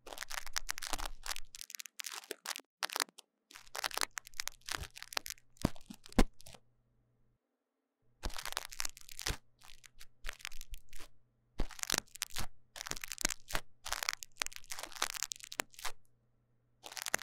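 Deep cleaning of a microphone ear: dense, bright scratching and crackling rubs come in bursts, with brief silent pauses near 3, 7.5, 11.5 and 16 seconds. A low, steady hum sits underneath during most of the scraping.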